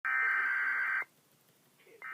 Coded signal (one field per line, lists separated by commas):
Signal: Emergency Alert System (SAME) tones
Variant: header bursts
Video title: EAS 3047-3048 TOR FROM WESA